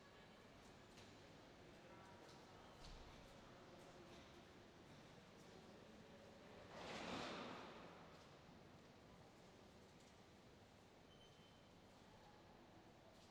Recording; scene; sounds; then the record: everyday scene through a hearing-aid microphone; reverberant space; background noise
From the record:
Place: railway station hall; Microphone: in the ear canal, left